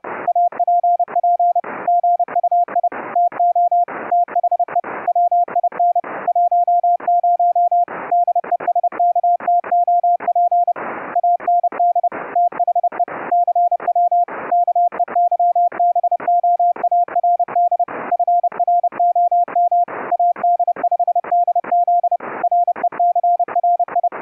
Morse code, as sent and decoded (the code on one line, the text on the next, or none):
.- .--. .--. / --. ..- .. / - --- / - .... . / .-- .. -. / .---- ----- / -.. . ... -.- - --- .--. / .- -. -.. / - .... . / -.-. .-- / -.- . -.-- -... --- .- .-. -.. / ..-. .-. --- -- / .- -.. ..... -.. --.. / .-. . -.-. .-. ..
APP GUI TO THE WIN 10 DESKTOP AND THE CW KEYBOARD FROM AD5DZ RECRI